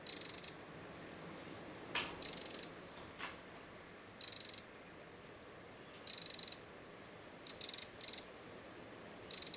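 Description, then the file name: Eurasian wren giving scolding churrs, short buzzy rattles with a few quick ticks, delivered in irregular bursts every one to two seconds. "Troglodytes troglodytes"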